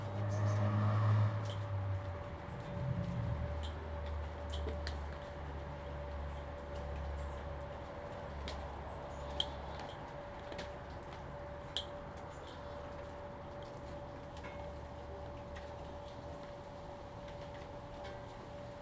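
Thunder rumbles low over a Salem patio, fading after eight seconds, with a steady hum, a soft hiss and occasional sharp ticks.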